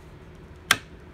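A clip on the plastic conductor plate of a Mercedes-Benz 722.6 automatic transmission, which has four solenoid holes and a tube, snaps onto the valve body as the plate is pressed into place. Against a quiet background, a single sharp click sounds at 0.7 s, and the plate is seated.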